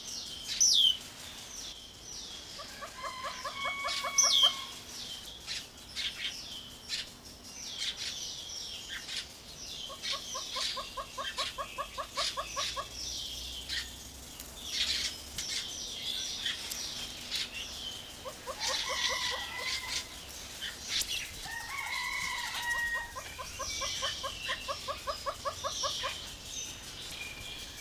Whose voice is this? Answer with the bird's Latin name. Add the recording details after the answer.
Tockus erythrorhynchus. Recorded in captivity. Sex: male. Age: adult. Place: Zoo Berlin, Berlin, DE. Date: 2002-09-12 16:00. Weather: sonnig, 24°C. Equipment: Nagra SN, Kopie Uher 4000 Report Monitor. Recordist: Tembrock, Günter